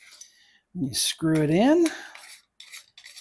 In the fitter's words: So, your battery just locks into place like so.